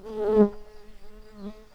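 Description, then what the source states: Early bumblebee giving a steady low droning buzz with a brief louder surge near the start, then humming on evenly. Workers of the early bumblebee.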